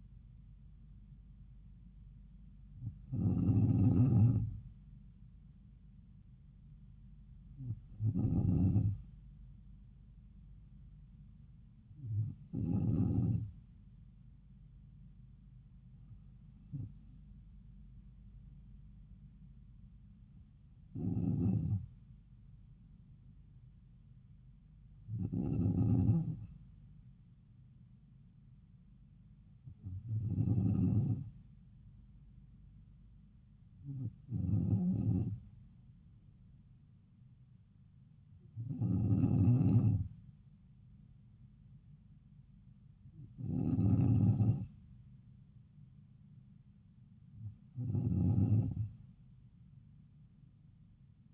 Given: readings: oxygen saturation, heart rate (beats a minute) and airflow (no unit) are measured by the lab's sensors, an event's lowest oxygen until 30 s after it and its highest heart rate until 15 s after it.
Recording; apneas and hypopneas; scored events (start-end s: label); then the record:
breathing in sleep by a smartphone at the bedside; none
none scored
From the record:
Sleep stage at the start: N2 (light sleep); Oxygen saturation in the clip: 94%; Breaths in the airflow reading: 11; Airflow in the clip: -3.3 to 3.2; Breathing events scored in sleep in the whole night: 270 in 6.1 hours asleep